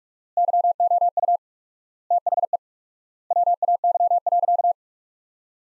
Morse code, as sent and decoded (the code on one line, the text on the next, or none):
-.-- --- ..- / - .... . / .-- .- -.-- .-.-.-
YOU THE WAY.